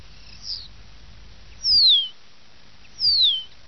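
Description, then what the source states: Common starling whistles: two clear, high, smoothly falling whistles, about one and a half seconds apart, after a soft faint note. Starling song used as a lure in Italian traditional bird-catching (uccellagione).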